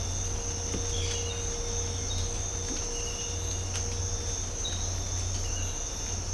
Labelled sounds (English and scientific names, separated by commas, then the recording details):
none
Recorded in dense forest near Puerto Asís, Putumayo, Colombia, on 26 December 2024 at 06:00
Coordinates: 0.503, -76.323
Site G043